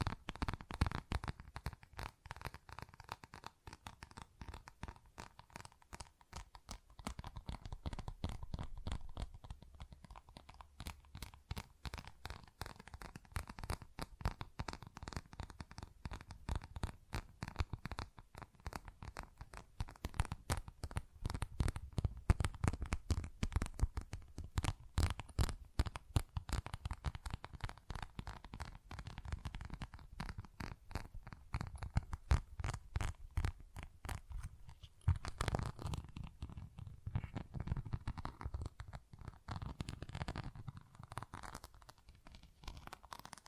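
Tapping and scratching on textured surfaces, a dense, fast run of crisp ticks and scrapes that continues unbroken, briefly thinning around thirty-five seconds.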